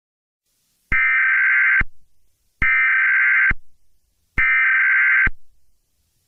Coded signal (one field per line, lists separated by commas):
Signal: Emergency Alert System (SAME) tones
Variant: header bursts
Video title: THE BEAR - EAS EMERGENCY ALERT SYSTEM